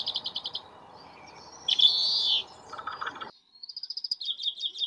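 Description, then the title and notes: Grey-capped Greenfinch twittering: chirping trills, a long nasal wheeze, more rattling twitters and a final run of high chirps, with background noise that stops partway through. Recorded 11 February 2022 in a park in Beijing, China; overcast, -5 to 9°C; 45 greenfinches counted. "观鸟地点：北京南旱河公园. 金翅雀45只"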